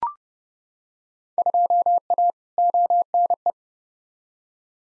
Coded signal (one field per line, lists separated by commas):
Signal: Morse code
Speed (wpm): 29 wpm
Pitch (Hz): 700 Hz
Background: none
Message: 2A ONE